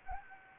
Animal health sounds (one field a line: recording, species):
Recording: mosquito wingbeat signal from an infrared sensor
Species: Anopheles gambiae